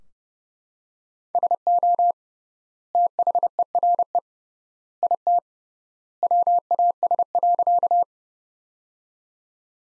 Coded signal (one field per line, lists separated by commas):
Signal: Morse code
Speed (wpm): 30 wpm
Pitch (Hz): 700 Hz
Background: none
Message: SO THERE IT WAS.